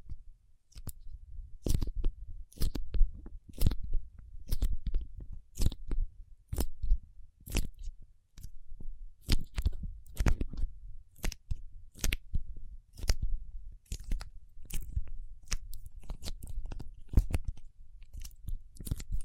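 Paraffin wax being worked with sharp cracking, tapping and crunching sounds that recur irregularly, roughly every half second to second. Each crisp snap rings bright, while a soft low rumble of handling and scraping continues between them.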